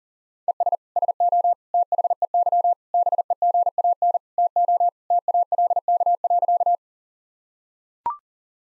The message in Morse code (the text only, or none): ES SO THEY BEGAN TO TALK.